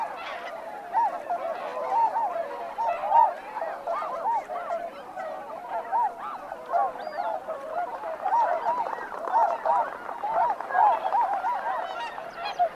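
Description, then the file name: Swans calling in a flock, many overlapping nasal honks and bugling notes forming a continuous, clamorous chorus throughout. "hakutyou"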